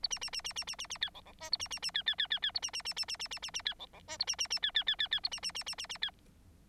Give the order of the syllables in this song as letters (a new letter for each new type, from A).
A B B B B B B B B C D D E A B B B C C C C C A B B B B B B B B B C D D E A B B B C C C C C A B B B B B B C